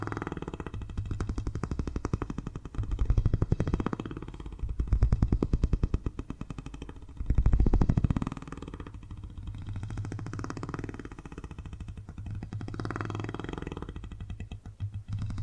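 A steady purring made of rapid, closely spaced pulses over a low rumble runs through the whole clip. It swells louder around the fourth to sixth seconds and again near the eighth, then settles into a quieter, even rhythm.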